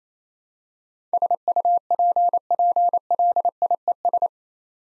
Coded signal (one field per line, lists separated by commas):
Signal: Morse code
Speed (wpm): 28 wpm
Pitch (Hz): 700 Hz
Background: none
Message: SUPPLIES